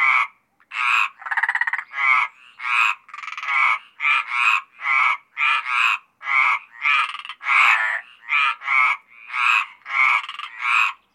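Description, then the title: Mediterranean tree frogs calling steadily: a long series of rasping, nasal croaks with brief gaps between them. Several Mediterranean tree frogs calling at Apt, Vaucluse, in June 2010. "Sylvain Jaskowiak - Animus. Rainettes méridionales - Apt, Vaucluse - juin 2010"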